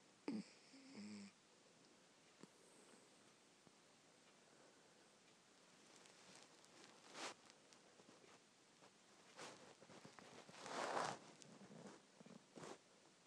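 A small Bichon dog named Bonnie snoring, with short, intermittent snore bursts.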